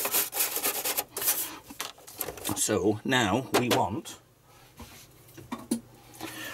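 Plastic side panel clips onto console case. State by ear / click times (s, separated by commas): seated / 5.5 s, 5.7 s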